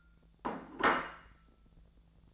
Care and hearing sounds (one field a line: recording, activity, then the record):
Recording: daily activity, microphone in the room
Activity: place plate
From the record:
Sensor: 3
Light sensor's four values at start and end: 31/77/33/35 and 31/77/32/35